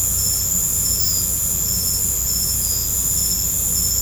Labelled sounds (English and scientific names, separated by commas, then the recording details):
none
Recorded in pastures near Puerto Asís, Putumayo, Colombia, on 16 December 2024 at 19:00
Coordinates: 0.505, -76.324
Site G063